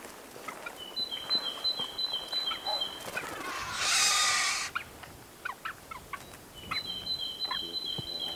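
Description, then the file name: Great tit song, a clear two-note phrase repeated quickly several times, then after a burst of loud noise it starts again near the end. "Parus major"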